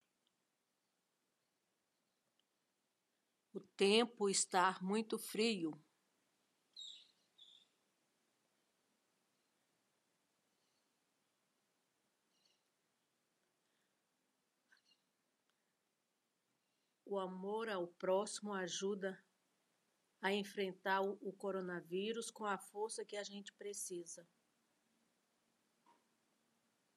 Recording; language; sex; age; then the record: spoken sentence; Brazilian Portuguese; female; 50 to 59 years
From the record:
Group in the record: control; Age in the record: 58 years